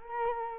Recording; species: mosquito wingbeat signal from an infrared sensor; Culex quinquefasciatus